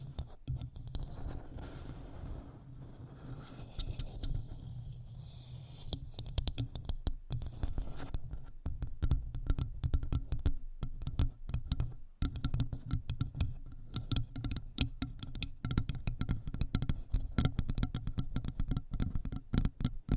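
Rapid tapping on objects against the mic, a dense stream of quick, sharp clicks that runs almost without pause. The taps are softer and sparser in the first few seconds, then grow busier and louder, over a steady low rumble underneath.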